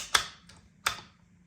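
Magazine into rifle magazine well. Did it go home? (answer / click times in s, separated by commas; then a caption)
no / none. After its latch height is adjusted, an L3I Stinger magazine is pushed into a rifle's magazine well, giving sharp impacts at about 0.2 s and 0.9 s with a faint tap near 0.5 s. The magazine has not latched or clicked into place yet, because the latch needs to be moved further upward.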